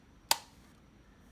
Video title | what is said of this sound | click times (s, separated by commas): Unboxing and Review of the OttLite Preheat 13 Watt PL Executive Desk Lamp | And look at that, it's more secure. It locks in place instantly. | 0.3 s